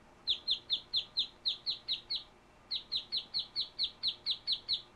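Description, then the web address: Bird calling with a steady string of sharp, downward-slurred high chirps, a short break, then the same pattern resumes against a light hiss. "Звуки природы - птицы"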